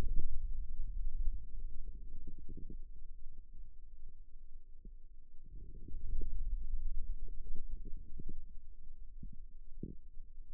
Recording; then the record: forearm muscle sounds (acoustic myography)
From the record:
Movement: wrist flexion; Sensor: system 2, bracelet of six BSWA MPA416 microphones around the upper forearm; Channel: 2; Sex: male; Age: 22 years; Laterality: right